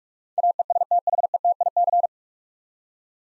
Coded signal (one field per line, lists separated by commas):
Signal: Morse code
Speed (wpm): 42 wpm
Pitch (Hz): 700 Hz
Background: none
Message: AESTHETIC